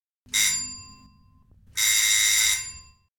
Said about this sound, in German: Steffi klingelt bei Emanuel an der Tür.